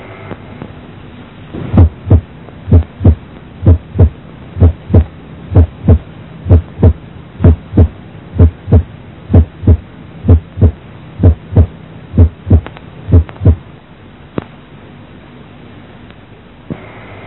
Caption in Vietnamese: Tiếng tim bình thường, nghe ở mỏm tim. Bình thường, trong một chu chuyển tim, chúng ta nghe rõ hai tiếng. Tiếng thứ nhất, trầm, dài. Tiếng thứ hai, thanh, gọn. Giữa tiếng thứ nhất đến tiếng thứ hai có một khoảng nghỉ ngắn. Và từ tiếng thứ hai đến tiếng thứ nhất của chu chuyển tiếp theo có một khoảng nghỉ dài.